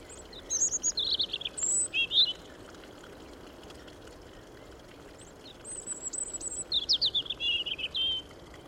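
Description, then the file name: European robin singing thin, high warbled phrases, two bursts of varied sparkling notes separated by a few seconds' pause, over a steady low rushing background. "Erithacus rubecula"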